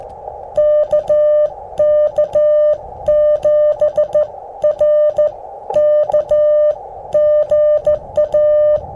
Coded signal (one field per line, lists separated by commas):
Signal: Morse code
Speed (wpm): 14 wpm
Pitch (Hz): 600 Hz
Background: music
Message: KK7RK GA